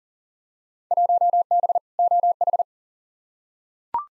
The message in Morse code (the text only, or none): 1B OH